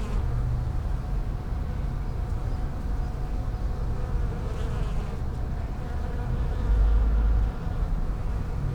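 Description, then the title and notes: Bees humming in a low, even drone. Bees in lavender in the palliative care service garden of Hôpital Brugmann, Brussels, Belgium, a peaceful spot apart from other hospital pavilions; recorded with Sony PCM-M10 internal microphones. "Hôpital Brugmann, Place Arthur Van Gehuchten, Bruxelles, Belgique - bees in the palliative care services garden. Bees in the lavender from the palliative care service's garden. Abeilles dans la lavande, jardin du service de soins palliatifs"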